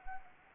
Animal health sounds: mosquito wingbeat signal from an infrared sensor; Anopheles arabiensis

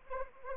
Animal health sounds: mosquito wingbeat signal from an infrared sensor; Anopheles arabiensis

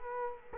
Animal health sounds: mosquito wingbeat signal from an infrared sensor; Culex quinquefasciatus

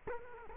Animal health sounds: mosquito wingbeat signal from an infrared sensor; Culex quinquefasciatus

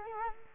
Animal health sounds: mosquito wingbeat signal from an infrared sensor; Culex quinquefasciatus

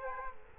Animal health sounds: mosquito wingbeat signal from an infrared sensor; Culex quinquefasciatus

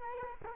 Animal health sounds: mosquito wingbeat signal from an infrared sensor; Culex quinquefasciatus

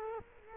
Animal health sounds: mosquito wingbeat signal from an infrared sensor; Culex quinquefasciatus

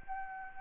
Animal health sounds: mosquito wingbeat signal from an infrared sensor; Anopheles arabiensis

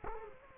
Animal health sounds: mosquito wingbeat signal from an infrared sensor; Culex quinquefasciatus

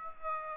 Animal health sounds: mosquito wingbeat signal from an infrared sensor; Aedes aegypti

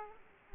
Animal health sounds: mosquito wingbeat signal from an infrared sensor; Aedes aegypti

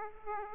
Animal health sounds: mosquito wingbeat signal from an infrared sensor; Aedes aegypti

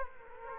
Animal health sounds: mosquito wingbeat signal from an infrared sensor; Culex quinquefasciatus

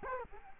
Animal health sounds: mosquito wingbeat signal from an infrared sensor; Culex quinquefasciatus

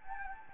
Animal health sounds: mosquito wingbeat signal from an infrared sensor; Anopheles gambiae

